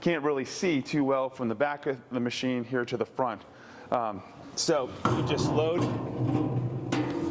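Someone talks while a removable stainless steel panel is handled for loading into the frame of a PSS 820 Speed Flaker, an industrial frozen block flaker and pre-breaker for meat processing. A steady broadband noise rises from about 5.0 s, with brief sharp sounds at 6.9 s and 7.3 s. The clip ends before the part goes home, and nothing has seated or clicked yet.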